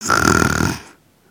Foley snore.